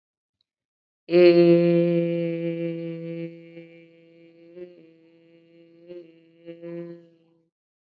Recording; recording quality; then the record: sustained vowel as in made; excellent, no background noise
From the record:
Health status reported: COVID-19 positive, mild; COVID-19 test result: positive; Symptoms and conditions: cold, hypertension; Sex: female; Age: 39 years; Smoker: not ticked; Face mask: worn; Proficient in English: yes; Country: India